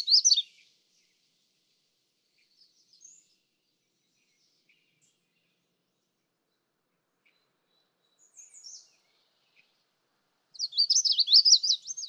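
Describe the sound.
Magnolia warbler singing: a clipped high phrase at the start, long quiet stretches with a few faint notes, then a quick warbled phrase at the end.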